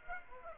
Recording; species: mosquito wingbeat signal from an infrared sensor; Aedes aegypti